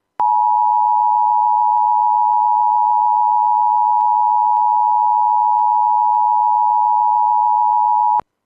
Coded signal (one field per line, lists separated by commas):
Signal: Emergency Alert System (SAME) tones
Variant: 853 and 960 Hz attention tone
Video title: Required Weekly Test [WDFA The Blizzard]